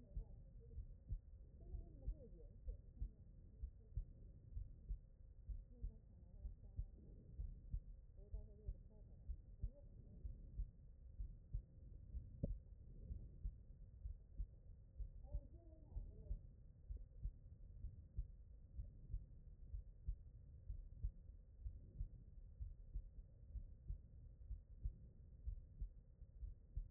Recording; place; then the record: heart sounds by stethoscope; aortic valve (AV)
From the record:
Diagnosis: non-HFrEF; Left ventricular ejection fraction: 59%